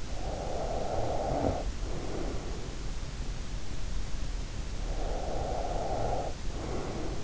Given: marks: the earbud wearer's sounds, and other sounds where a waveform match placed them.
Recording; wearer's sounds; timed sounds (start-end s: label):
sounds in sleep by an in-ear microphone; breath
0.16-2.70 s: breath
4.96-7.24 s: breath